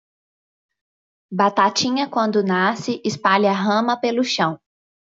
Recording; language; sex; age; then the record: short text; Brazilian Portuguese; female; 30 to 39 years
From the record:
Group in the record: control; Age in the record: 31 years